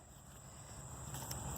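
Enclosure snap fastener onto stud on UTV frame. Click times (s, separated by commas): 1.3 s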